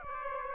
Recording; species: mosquito wingbeat signal from an infrared sensor; Aedes aegypti